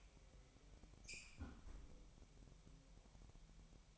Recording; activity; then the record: daily activity, microphone in the room; close fridge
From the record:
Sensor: 1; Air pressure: 1002.0 hPa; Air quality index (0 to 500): 245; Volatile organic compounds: 51 ppm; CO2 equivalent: 3308 ppm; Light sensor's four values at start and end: 8/28/10/11 and 8/28/10/11